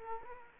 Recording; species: mosquito wingbeat signal from an infrared sensor; Anopheles arabiensis